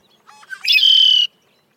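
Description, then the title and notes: Red-winged Blackbird song with brief stuttered introductory notes followed by a bright, sustained buzzing trill, ending abruptly; nothing else heard. The familiar sound is described as a reminder of the return of spring. "The Red-winged Blackbird is the theme bird for this year’s Black Birders Week"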